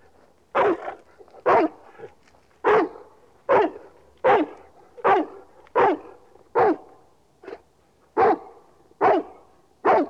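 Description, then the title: Dog barking, loud single barks repeated roughly every second, about a dozen, with quiet between them. "NHK Sound Effects Collection - 3-Frogs, Crickets, Cicadas, Horses, Dogs"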